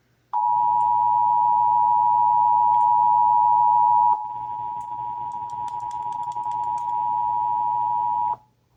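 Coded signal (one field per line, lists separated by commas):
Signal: Emergency Alert System (SAME) tones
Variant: 853 and 960 Hz attention tone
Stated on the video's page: Texas Required Monthly Test as aired on several broadcast radio and television stations.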